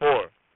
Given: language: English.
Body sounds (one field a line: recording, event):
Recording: throat vibration sensor signal played as sound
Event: speech